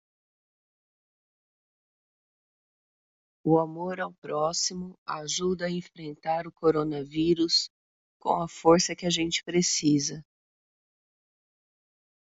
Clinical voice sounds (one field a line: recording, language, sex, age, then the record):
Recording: spoken sentence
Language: Brazilian Portuguese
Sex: female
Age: 50 to 59 years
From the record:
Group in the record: control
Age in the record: 50 years